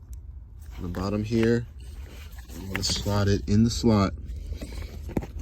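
On a 2008-2013 Nissan Rogue AWD, a new shifter cable end is being slid toward its slot on the shifter bracket, apparently metal and plastic, while someone talks. Brief faint ticks sound near 0.1 s and 5.2 s, but nothing has seated or clicked yet.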